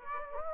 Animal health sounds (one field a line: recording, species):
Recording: mosquito wingbeat signal from an infrared sensor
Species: Aedes aegypti